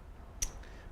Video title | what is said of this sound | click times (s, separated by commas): AGA Direct Fuel Injection | the seals start with going on with the coupling ring until it snaps into place | 0.4 s